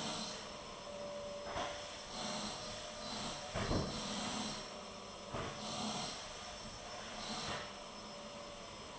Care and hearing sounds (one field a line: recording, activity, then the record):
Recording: daily activity, microphone in the room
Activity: vacuum cleaning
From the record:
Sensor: 4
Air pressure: 1010.4 hPa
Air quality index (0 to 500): 179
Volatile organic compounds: 5 ppm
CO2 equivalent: 1813 ppm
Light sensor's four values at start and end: 33/98/38/38 and 33/98/38/38